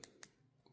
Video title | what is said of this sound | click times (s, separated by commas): Bergkaiser Premium Unboxing & Build｜ガンメタ×ゴールドの名機をじっくり開封＆組み立て！ | Little click. | 0.0 s, 0.2 s